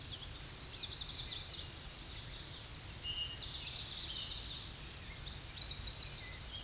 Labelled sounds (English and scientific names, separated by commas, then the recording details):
Eastern Towhee (Pipilo erythrophthalmus) song
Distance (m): 35 m
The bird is about 10 m above the microphone
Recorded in a Pennsylvania forest on 16 May 2024 at 07:40
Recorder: AudioMoth, point MSD-2320
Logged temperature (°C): 12.8 °C
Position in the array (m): 181 m, 181 m